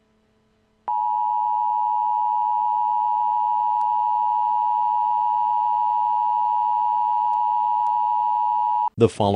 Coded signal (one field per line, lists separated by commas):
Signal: Emergency Alert System (SAME) tones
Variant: 853 and 960 Hz attention tone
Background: speech